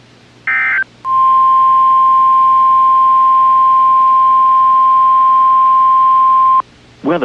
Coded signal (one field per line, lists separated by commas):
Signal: Emergency Alert System (SAME) tones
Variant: 1050 Hz attention tone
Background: speech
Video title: Did Someone Call for Corona, Alabama? | EAS Alerts from 6/13/2021 (EAS #398-412)